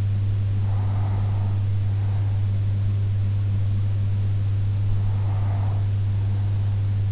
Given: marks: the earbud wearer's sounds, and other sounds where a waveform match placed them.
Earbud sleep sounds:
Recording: sounds in sleep by an in-ear microphone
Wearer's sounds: breath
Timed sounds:
0.00-1.99 s: breath
4.99-6.99 s: breath

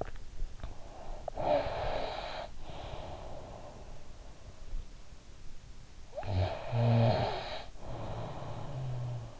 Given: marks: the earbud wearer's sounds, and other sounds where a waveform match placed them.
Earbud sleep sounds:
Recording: sounds in sleep by an in-ear microphone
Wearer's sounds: breath, snoring breath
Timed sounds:
1.20-5.62 s: breath
5.62-9.40 s: snoring breath

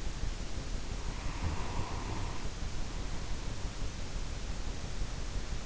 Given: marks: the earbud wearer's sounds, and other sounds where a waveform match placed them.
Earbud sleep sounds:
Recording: sounds in sleep by an in-ear microphone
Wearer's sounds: breath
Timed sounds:
0.90-3.88 s: breath

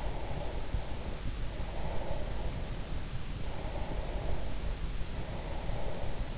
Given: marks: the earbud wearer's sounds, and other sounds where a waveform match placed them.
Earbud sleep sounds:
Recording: sounds in sleep by an in-ear microphone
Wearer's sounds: breath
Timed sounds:
0.23-2.69 s: breath
3.33-6.31 s: breath

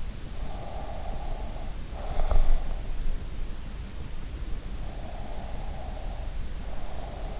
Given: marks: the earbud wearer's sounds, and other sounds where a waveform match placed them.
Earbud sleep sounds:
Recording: sounds in sleep by an in-ear microphone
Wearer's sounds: breath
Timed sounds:
0.81-2.62 s: breath
5.01-7.40 s: breath

